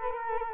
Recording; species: mosquito wingbeat signal from an infrared sensor; Culex quinquefasciatus